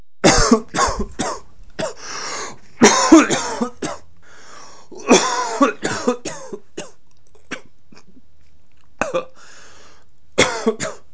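An adult's repeated harsh coughs in four short fits, about fifteen bursts in all, separated by quiet breaths.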